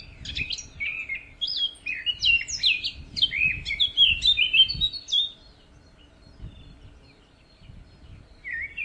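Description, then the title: Bird singing a rapid, varied twittering phrase for about five seconds, then near silence before a brief final note, with low background hum. "LuckyPassaro Completos2Sama"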